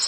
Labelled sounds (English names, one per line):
Nashville Warbler flight call